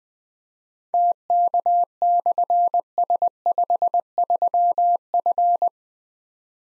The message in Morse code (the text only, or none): TK/S53F